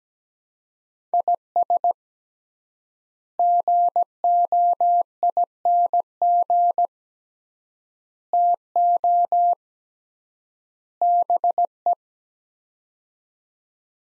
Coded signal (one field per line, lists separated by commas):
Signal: Morse code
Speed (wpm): 17 wpm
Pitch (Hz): 700 Hz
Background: none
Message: IS GOING TO BE